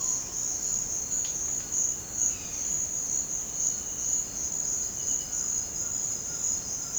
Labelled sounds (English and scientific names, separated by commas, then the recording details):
White-throated Toucan (Ramphastos tucanus), Violaceous Jay (Cyanocorax violaceus)
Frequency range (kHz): White-throated Toucan (Ramphastos tucanus) 0.8-1.8 kHz; Violaceous Jay (Cyanocorax violaceus) 1.5-3.6 kHz
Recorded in secondary vegetation near Puerto Asís, Putumayo, Colombia, on 20 February 2024 at 07:00
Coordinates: 0.472, -76.331
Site G6371